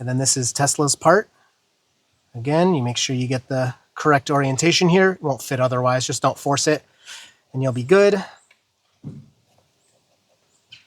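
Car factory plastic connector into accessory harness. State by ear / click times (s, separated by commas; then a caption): seated / 10.7 s. Someone talks while the Tesla's original factory plastic connector is plugged into the interceptor accessory harness in the correct orientation. A short clunk at 10.7 s shows the connector is seated and reattached.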